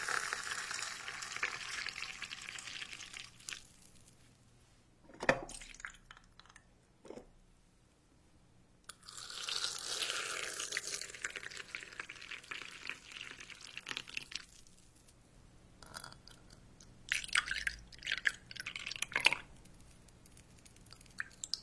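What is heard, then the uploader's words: Soft kitchen sounds of making cookies and cake: bursts of crisp rustling and crunching, scattered taps and clinks, with quiet pauses between. Make matcha milk almond cookies hazelnut cake.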